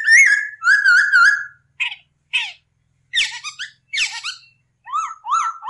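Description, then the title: Masked laughingthrush singing long whistled notes with a wavering pitch, broken by short sharp chips and harsh rasping bursts, then rising whistled notes at the end. Hong Kong poksay; a master tutoring recording for training cage birds, the bird singing in lively 'gacor' style. "SUARA BURUNG POKSAY HONGKONG GACOR"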